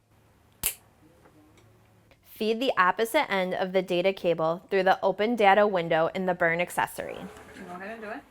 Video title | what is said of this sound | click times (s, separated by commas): Byrne Data Adapter Installation | the voice data bezel down until you hear the click | 0.7 s